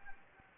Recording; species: mosquito wingbeat signal from an infrared sensor; Anopheles gambiae